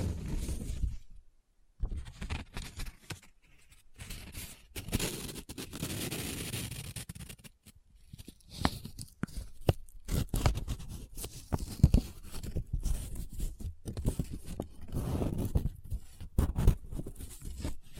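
Paper is handled up close, folded, rubbed and crinkled in irregular bursts with short pauses between. A longer scratchy rubbing stretch runs from about five to seven seconds, then denser crackling and crisp rustles fill the second half, with occasional soft low thumps.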